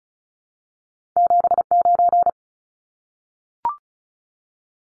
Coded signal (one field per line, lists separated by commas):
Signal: Morse code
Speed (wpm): 34 wpm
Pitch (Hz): 700 Hz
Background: none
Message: 79